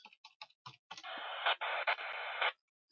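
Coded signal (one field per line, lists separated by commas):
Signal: packet radio (AX.25, as in APRS)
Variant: 9600 baud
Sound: four short hissy data bursts, then a long harsh wideband hiss burst ending abruptly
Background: radio static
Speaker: yeah this is much faster now okay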